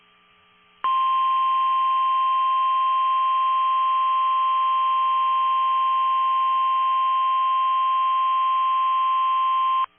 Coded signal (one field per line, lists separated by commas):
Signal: Emergency Alert System (SAME) tones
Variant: 1050 Hz attention tone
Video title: NOAA Weather Radio - Severe Thunderstorm Warning [EAS #87] (3/7/22)